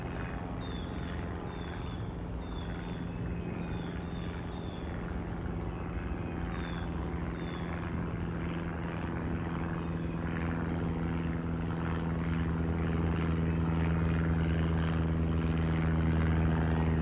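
An airplane drones overhead with a steady low hum that slowly swells louder, while short crisp bird chirps sound during the first eight seconds.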